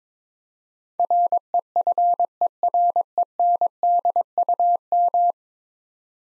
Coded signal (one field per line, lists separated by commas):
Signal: Morse code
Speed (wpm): 22 wpm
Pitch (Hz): 700 Hz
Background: none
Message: REFERENDUM